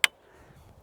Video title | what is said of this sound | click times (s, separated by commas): Kuat NV 2.0 vs Saris MTR | and it's really locked into place again nothing touching the frame | 0.0 s